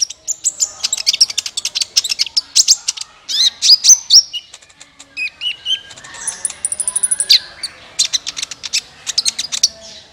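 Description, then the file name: Van Hasselt's sunbird in a long, fast twittering run of very high, sharp chirps and short trills, with only brief pauses. "suara kolibri ninja"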